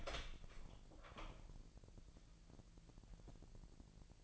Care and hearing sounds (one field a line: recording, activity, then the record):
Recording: daily activity, microphone in the room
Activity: open door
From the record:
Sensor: 5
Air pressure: 1001.3 hPa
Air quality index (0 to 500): 249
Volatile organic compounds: 35 ppm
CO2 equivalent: 3069 ppm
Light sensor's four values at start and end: 38/87/35/34 and 37/87/35/34